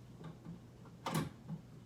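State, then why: Seated. A printer's print head is lowered onto its metal mounting plate next to two round posts, and magnets pull it down so it snaps into place. Faint light ticks lead up to one sharp, bright click at 1.1 s that rings briefly, followed by a softer tick near 1.5 s. The print head is seated on the plate.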